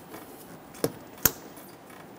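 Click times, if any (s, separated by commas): 1.3 s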